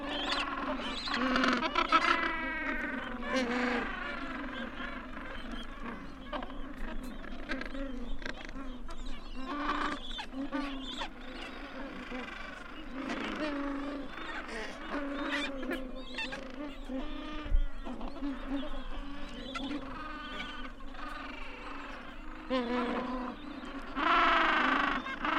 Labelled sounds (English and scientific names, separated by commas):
Gentoo Penguin (Pygoscelis papua) call